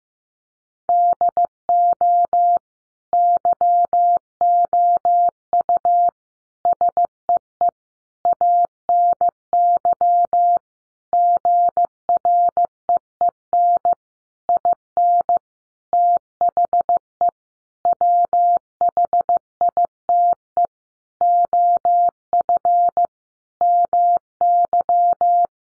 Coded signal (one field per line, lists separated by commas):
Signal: Morse code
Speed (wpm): 15 wpm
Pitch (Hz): 700 Hz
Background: none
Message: DO YOU SEE ANY GREEN IN THE WHITE OF MY